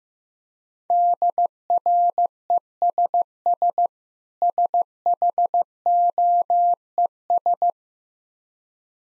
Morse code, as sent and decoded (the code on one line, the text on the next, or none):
-.. .-. . ... ... / ... .... --- . ...
DRESS SHOES